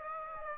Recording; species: mosquito wingbeat signal from an infrared sensor; Aedes aegypti